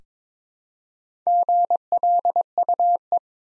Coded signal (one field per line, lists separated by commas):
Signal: Morse code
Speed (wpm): 22 wpm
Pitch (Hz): 700 Hz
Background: none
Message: GLUE